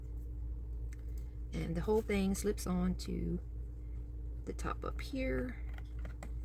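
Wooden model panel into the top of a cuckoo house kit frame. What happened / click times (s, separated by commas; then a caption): The panel is being handled and has not seated yet / none. A pre-cut wooden roof panel from a cuckoo house book-nook kit is handled and slipped onto the top of the kit's frame, with a few light ticks and taps around 0.9, 1.2 and 5.8–6.2 seconds. Someone talks over a low steady hum. The clip ends before the piece is pressed home, so nothing has seated or snapped into place yet.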